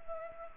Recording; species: mosquito wingbeat signal from an infrared sensor; Culex pipiens